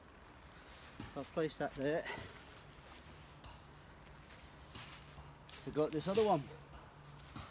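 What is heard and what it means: A machete is handled near its sheath while someone talks, with a few soft handling sounds and a brief sharper sound around 5.5 seconds. The clip ends before the blade goes into the sheath, so nothing has seated or locked yet.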